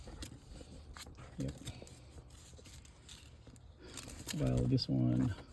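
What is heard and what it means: A replacement seat cover clip is handled at the back of a worn 2008 Acura MDX car seat, ready to be pushed into place, while someone talks. Faint ticks and crinkly handling noises are heard between the words. Nothing has snapped or seated yet.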